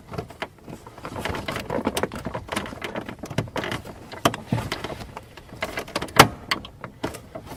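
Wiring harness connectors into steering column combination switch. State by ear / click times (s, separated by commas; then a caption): seated / 4.3 s, 6.5 s. Two plastic wiring harness electrical connectors are plugged into the turn signal combination switch on a Jeep Cherokee steering column as the switch is reinstalled, with handling and rustling throughout. Sharp clicks at 4.3 s and 6.5 s mark each connector seating, and both end up locked into place.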